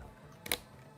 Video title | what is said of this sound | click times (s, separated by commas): Giveaways + Community Choice 14700K Build and Flintlock Gameplay | oh those are two solid clicks | 0.5 s